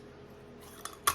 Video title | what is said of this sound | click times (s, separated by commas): Must Have Emergency Item - HOW TO GET HEAT? - Emergency Kit For Car l SHTF | slides up locks into place | 0.9 s, 1.1 s